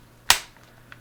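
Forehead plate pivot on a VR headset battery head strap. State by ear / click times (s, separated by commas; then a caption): seated / 0.3 s. Someone tilts the forehead-plate pivot on a plastic battery head strap for a Meta Quest 3/3S VR headset (a Bobovr S3 Pro or KKCOBVR Q3 Pro). A single sharp, loud click at 0.3 s fades quickly, followed by a faint tick near 0.9 s. The stiff pivot seats into its detent position.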